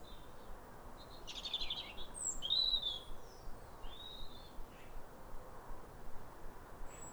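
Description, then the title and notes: European robin song: a few high, thin whistled notes and a brief scratchy trill, with quiet gaps between, against soft background noise. Pair of robins in neighbouring gardens singing a duet at a clear, calm rosy sunrise at New Year in winter, after weeks of rain. "Sound Escape 150: Be uplifted by a chorus of New Year's robins. A pair of robins in neighbouring gardens welcome the early sun with wistful phrases as if chatting over the fence. Recorded by Fergus Collins. BBC Countryfile Magazine"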